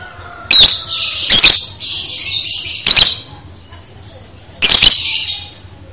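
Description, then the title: Bird giving four loud, harsh, scratchy bursts of high chatter, with quieter twittering between them. Masteran, used to teach birds new song. "LuckyBurung MasteranBest"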